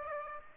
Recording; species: mosquito wingbeat signal from an infrared sensor; Aedes aegypti